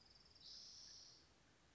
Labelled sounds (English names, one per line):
Spotted Towhee